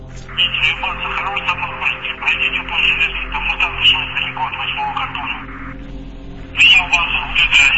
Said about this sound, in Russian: Я ее включил и тут же услышал голос, искаженный шипением радиопомех.